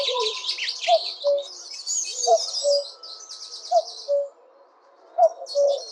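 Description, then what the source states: Common cuckoo repeating its low two-note cuckoo four times at even intervals, with bursts of high chattering birdsong between. Tophill Low Nature Reserve, 6 am, Easter Sunday 2014.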